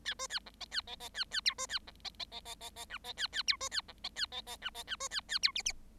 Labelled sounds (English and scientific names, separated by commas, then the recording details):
Bengalese Finch (Lonchura striata domestica) song
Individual Bird7